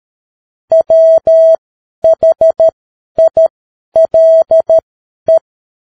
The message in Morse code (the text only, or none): WHILE